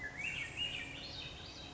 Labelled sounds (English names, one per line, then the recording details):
Swainson's Thrush
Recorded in Sonoma County, California